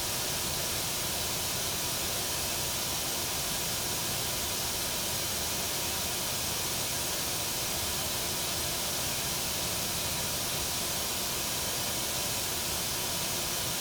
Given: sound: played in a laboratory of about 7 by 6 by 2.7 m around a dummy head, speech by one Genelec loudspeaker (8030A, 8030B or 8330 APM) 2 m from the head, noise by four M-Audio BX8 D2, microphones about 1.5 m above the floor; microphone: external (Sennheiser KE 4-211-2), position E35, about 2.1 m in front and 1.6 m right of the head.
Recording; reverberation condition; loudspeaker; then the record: white noise; low; four, about 170 cm from the corners of the room and facing them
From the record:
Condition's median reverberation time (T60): about 310 ms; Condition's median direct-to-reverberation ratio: about 3.5 dB